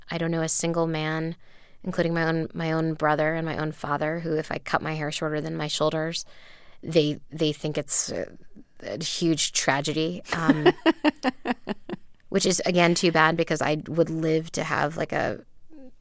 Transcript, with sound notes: I don't know a single man, including my own brother and my own father, who if I cut my hair shorter than my shoulders, they think it's a huge tragedy.
(LAUGHTER)
Which is again too bad because I would live to have